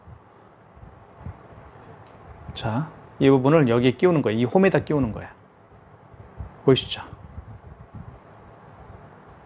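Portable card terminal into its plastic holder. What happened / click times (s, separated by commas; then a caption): The part was only lined up, not yet seated / none. Someone talks while the tab of a KMR-K102 portable Bluetooth card terminal for Apple Pay is lined up with the groove of its plastic holder before being pressed home. Nothing has seated or clicked yet.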